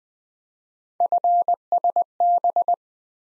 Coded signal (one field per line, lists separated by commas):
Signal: Morse code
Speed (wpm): 20 wpm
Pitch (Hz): 700 Hz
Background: none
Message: FSB